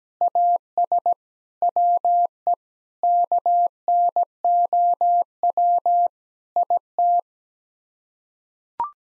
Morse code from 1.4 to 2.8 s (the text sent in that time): WE